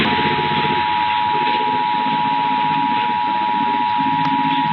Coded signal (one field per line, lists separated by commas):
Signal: Emergency Alert System (SAME) tones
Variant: 853 and 960 Hz attention tone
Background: speech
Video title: EAS #3-14 - Los Angeles Monthly Test (12/26/23)